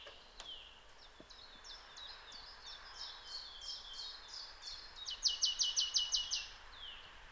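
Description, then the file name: Marsh Tit calls: a loose string of soft, high notes, then a loud, rapid run of sharp notes near the end, over faint background hiss. "Poecile palustris"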